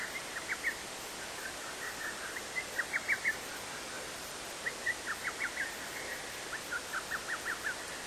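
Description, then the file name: Little cuckoo giving repeated quick runs of sharp whistled notes, several phrases in succession against background hiss. "little cuckoo"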